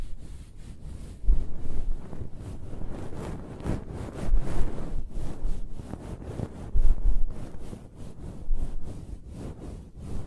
Close-Up Hair Sounds - Scratching, Brushing, Stroking